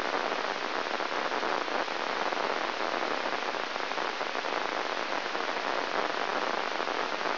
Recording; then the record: brain microelectrode recording played as sound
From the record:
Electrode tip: inside the subthalamic nucleus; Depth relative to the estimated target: -5.5 mm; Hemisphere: left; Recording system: AlphaMap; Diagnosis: Parkinson's disease